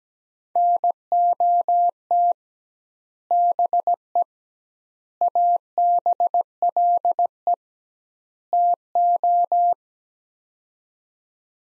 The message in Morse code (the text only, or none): NOT BE ABLE TO